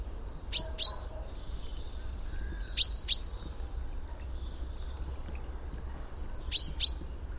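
Common chaffinch calls: short, piercing high notes delivered in tight doubles, three pairs spaced a few seconds apart, with faint low rumble throughout.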